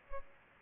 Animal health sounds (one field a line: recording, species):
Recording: mosquito wingbeat signal from an infrared sensor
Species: Culex pipiens